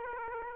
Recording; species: mosquito wingbeat signal from an infrared sensor; Aedes aegypti